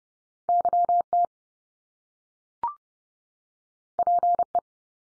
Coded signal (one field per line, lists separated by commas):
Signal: Morse code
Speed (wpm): 30 wpm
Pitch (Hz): 700 Hz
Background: none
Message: YT PE